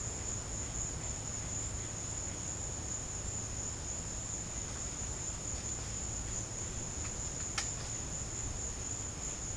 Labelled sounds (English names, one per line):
none